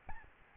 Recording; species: mosquito wingbeat signal from an infrared sensor; Aedes albopictus